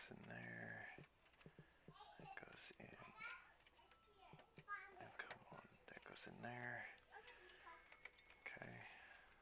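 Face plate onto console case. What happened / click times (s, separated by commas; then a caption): Parts are handled and fitted, but nothing has clearly seated yet / none. Someone talks while handling an Xbox console's plastic face plate during an HDMI install, with light ticks and taps as the parts are fitted, before the plate is pressed back onto the case. Nothing has seated or clicked yet; the clip ends just before the face plate snaps into place.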